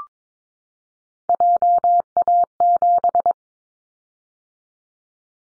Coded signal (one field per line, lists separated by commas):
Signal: Morse code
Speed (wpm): 22 wpm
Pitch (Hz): 700 Hz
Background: none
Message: JA7